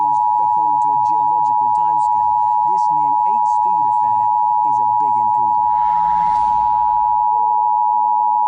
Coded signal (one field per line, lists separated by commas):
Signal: Emergency Alert System (SAME) tones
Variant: 853 and 960 Hz attention tone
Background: speech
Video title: [EAS RECREATIONAL MOCK] - Greene and Craighead County Disaster